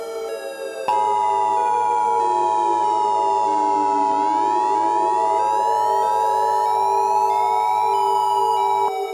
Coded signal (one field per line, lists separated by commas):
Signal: Emergency Alert System (SAME) tones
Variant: 853 and 960 Hz attention tone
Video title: [Mini EAS Scenario Redux] Tsunami in Lake Michigan